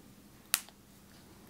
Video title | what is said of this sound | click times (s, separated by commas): DIY Convertible Fanny Pack//Bum Bag//Crossbody HD 1080p | it makes a clicking sound and then take your rivet press and you're going to set it on | 0.5 s